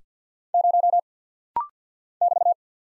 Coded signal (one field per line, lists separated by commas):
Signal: Morse code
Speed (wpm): 50 wpm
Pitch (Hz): 700 Hz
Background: none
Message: 0 <BT>